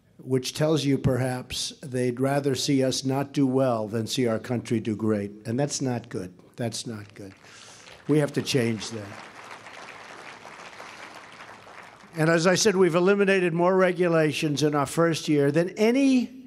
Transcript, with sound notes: Which tells you, perhaps, they’d rather see us not do well than see our country do great. And that’s not good. That’s not good. We have to change that. (Applause.) And as I said, we’ve eliminated more regulations in our first year than any